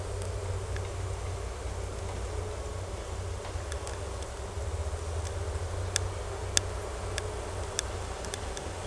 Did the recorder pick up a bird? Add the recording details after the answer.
no. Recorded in secondary vegetation near Puerto Asís, Putumayo, Colombia, on 16 December 2024 at 11:30. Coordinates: 0.468, -76.324. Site G095